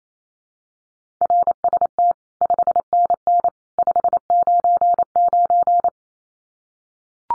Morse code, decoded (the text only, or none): RST 5NN 599